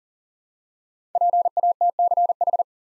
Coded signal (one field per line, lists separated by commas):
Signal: Morse code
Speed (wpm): 38 wpm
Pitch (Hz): 700 Hz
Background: none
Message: PATCH